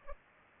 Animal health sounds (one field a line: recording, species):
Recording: mosquito wingbeat signal from an infrared sensor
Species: Culex pipiens